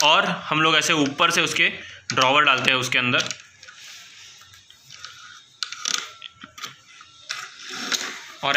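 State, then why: Seated. A wooden drawer is lowered from above onto a bottom-mounted roller runner channel and pushed in until it locks in place with a sharp knock at 5.6 s, followed by a few lighter knocks and rattles. Someone talks at the start while the drawer is positioned.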